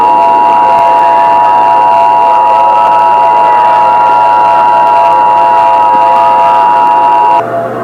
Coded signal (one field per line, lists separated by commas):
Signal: Emergency Alert System (SAME) tones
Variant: 853 and 960 Hz attention tone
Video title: EAS Scenario Wrath of Tartarus OG REUPLOAD